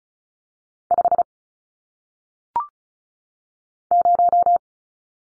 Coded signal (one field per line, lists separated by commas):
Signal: Morse code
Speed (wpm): 36 wpm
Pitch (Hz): 700 Hz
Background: none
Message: 5 0